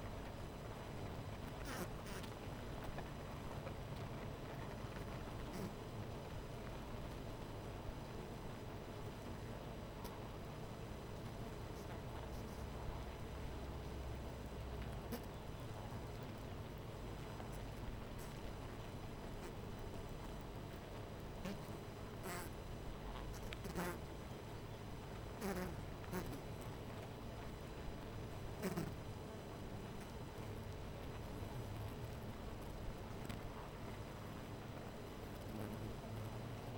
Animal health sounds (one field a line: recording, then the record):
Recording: honeybee colony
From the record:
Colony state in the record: missing queen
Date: 14 July 2017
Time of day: 12:15